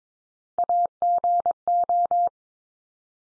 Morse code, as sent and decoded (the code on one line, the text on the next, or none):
.- --. ---
AGO